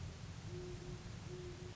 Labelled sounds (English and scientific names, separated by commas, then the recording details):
Great Horned Owl (Bubo virginianus)
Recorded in Sonoma County, California